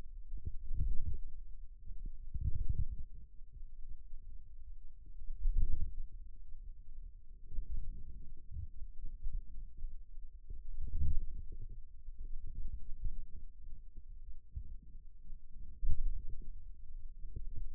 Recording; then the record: forearm muscle sounds (acoustic myography)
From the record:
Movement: wrist flexion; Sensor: system 2, bracelet of six BSWA MPA416 microphones around the upper forearm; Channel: 1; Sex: male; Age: 22 years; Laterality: right